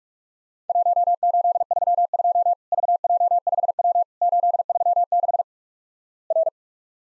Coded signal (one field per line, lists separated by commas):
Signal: Morse code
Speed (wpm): 44 wpm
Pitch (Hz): 700 Hz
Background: none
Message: 1832 VJ5W 836 R